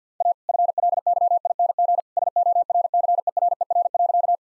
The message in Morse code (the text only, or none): A FLYING SORCERER.